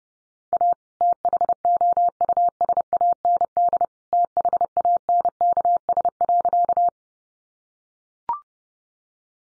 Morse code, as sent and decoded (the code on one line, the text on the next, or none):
.- / - .... --- ..- ... .- -. -.. / - .... .- -. -.- ... .-.-.-
A THOUSAND THANKS.